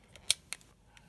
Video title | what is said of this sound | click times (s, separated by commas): Для Александры. | поджимаю внутрь и поворачиваем против часовой стрелки до щелчка. | 0.3 s